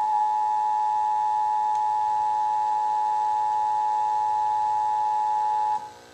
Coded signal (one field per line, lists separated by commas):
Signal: Emergency Alert System (SAME) tones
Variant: 853 and 960 Hz attention tone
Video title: nationwide emergency alert system test.MP4